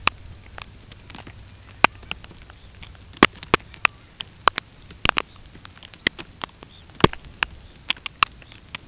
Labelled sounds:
unidentified sound
Red Phalarope
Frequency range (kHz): Red Phalarope 2.7-4.4 kHz
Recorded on Arctic tundra, site UTQI-5, on 13 June 2019
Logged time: 06:00

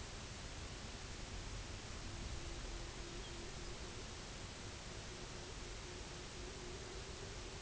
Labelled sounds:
Pectoral Sandpiper
unidentified sound
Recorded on Arctic tundra, site UTQI-0, on 16 June 2019
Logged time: 12:00

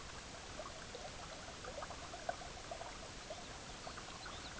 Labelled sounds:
Lapland Longspur
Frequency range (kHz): Lapland Longspur 2.7-5.0 kHz
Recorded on Arctic tundra, site EABA-MC, on 18 June 2019
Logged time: 10:00

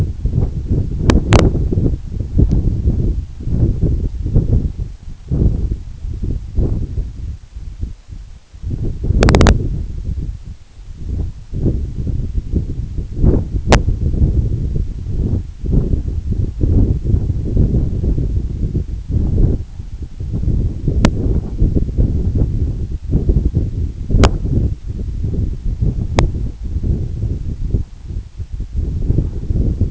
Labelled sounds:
none
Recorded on Arctic tundra, site EABA-1, on 29 June 2018
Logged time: 20:00

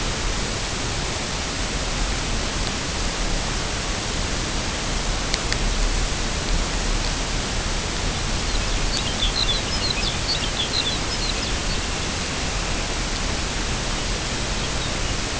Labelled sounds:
Lapland Longspur
Dunlin
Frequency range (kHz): Lapland Longspur 2.0-6.0 kHz; Dunlin 1.8-3.3 kHz
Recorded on Arctic tundra, site UTQI-5, on 21 June 2018
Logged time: 14:00

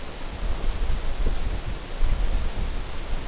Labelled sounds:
none
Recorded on Arctic tundra, site NAIT-1, on 19 June 2018
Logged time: 21:00

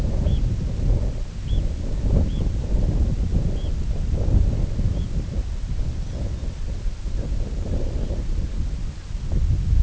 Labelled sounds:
Red Phalarope
unidentified sound
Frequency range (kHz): Red Phalarope 2.5-4.0 kHz
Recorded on Arctic tundra, site IGLO-D, on 19 June 2018
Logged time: 18:00

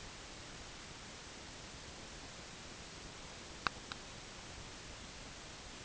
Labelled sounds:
none
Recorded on Arctic tundra, site UTQI-8, on 8 June 2019
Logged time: 12:00

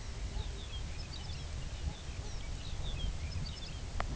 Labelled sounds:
Pectoral Sandpiper
Lapland Longspur
unidentified sound
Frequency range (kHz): Lapland Longspur 1.4-6.6 kHz
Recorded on Arctic tundra, site UTQI-2, on 15 June 2019
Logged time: 22:00

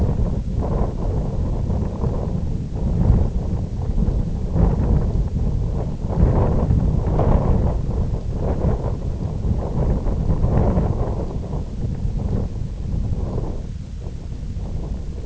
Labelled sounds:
none
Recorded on Arctic tundra, site IGLO-F, on 18 June 2018
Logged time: 22:00

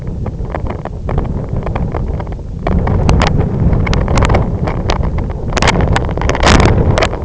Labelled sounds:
none
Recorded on Arctic tundra, site IGLO-F, on 25 June 2018
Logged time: 14:00

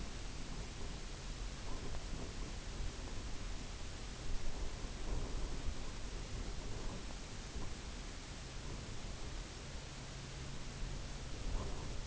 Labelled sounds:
Pectoral Sandpiper
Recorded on Arctic tundra, site UTQI-0, on 17 June 2019
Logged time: 22:00

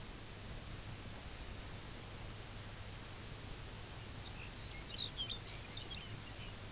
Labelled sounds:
Lapland Longspur
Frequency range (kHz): Lapland Longspur 1.6-7.5 kHz
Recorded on Arctic tundra, site UTQI-0, on 22 June 2018
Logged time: 12:00

